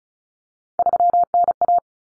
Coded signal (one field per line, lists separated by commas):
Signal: Morse code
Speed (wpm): 34 wpm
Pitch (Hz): 700 Hz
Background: none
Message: 3NA